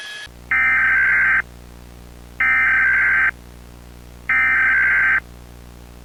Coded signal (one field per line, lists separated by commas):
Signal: Emergency Alert System (SAME) tones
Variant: header bursts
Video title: Nuclear War - Nuclear EAS Scenario (EAS Apocalypse Scenario)